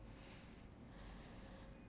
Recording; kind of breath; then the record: one breath in and out by a microphone near the nose and mouth; deep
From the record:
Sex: male